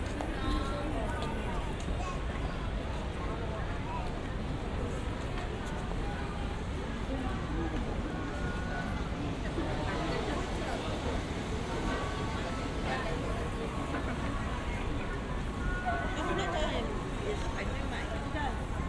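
A busy street in a Chinatown district, with many voices talking over one another in a steady, crowded murmur. A low rumble of traffic runs underneath throughout, and brief clinks and sharper sounds surface now and then, especially near the end.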